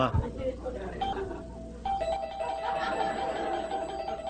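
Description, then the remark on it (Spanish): A voice mimics a doorbell with two sustained, hummed tones, a shorter first note followed by a longer, slightly different second one ringing out over faint background noise. “Mejor timbre.”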